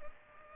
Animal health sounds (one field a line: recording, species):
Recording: mosquito wingbeat signal from an infrared sensor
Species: Culex pipiens